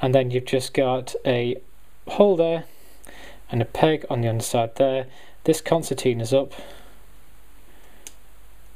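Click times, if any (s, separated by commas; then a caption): 8.1 s. Someone talks while folding the concertina section of a plastic Transformers Prime Cyberverse Starscream Commander Class action figure up during its transformation to plane mode, so a plastic peg on the section's underside meets a hole in the toy body. A single sharp click at 8.1 s marks the peg seating into place.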